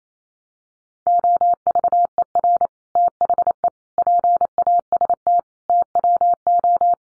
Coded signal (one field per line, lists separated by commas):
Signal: Morse code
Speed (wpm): 28 wpm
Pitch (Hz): 700 Hz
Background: none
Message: OVER THE PAST TWO